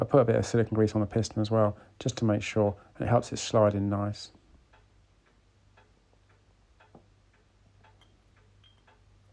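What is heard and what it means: A brake piston, greased with silicone grease, is handled at a Kawasaki S1 550 four motorcycle brake caliper body before being pressed past the main seal into the bore. Someone talks for the first four seconds, then faint small ticks and handling noises follow at 5.8, 7.0, 7.9 and 8.0 seconds. Nothing has seated or popped into place yet.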